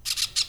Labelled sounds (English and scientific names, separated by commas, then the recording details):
Brown-throated Parakeet (Eupsittula pertinax) contact call
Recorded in Venezuela
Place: Cerro Saroche, Hato Dalmatela, Edo. Lara
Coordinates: 10.149, -69.534